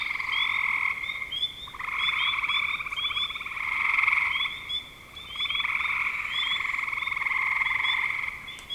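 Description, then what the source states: Frogs giving long rattled trills that swell and fade, with brief higher chirps scattered throughout. Spring 2025.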